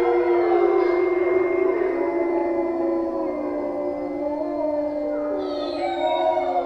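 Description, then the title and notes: Wolf: several wolves howl at once, a steady tangle of long tones with higher yips breaking in near the end. Wolf pack howling in the evening in a forest near a reserve; pack slightly left of a microphone placed in advance. "Les loups. forêt de Chabrières. Réalisation: Henri Morelle"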